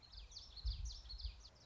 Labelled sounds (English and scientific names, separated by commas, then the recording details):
Common Yellowthroat (Geothlypis trichas)
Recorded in Sonoma County, California